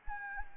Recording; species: mosquito wingbeat signal from an infrared sensor; Anopheles gambiae